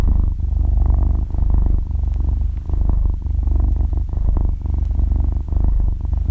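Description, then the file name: Cat purring, low grainy rumble with steady breathing swells, nothing else audible. Cat breathing with a purring sound, described in Vietnamese as 'thở kêu rù rù'. "tieng meo tho keu ru ru"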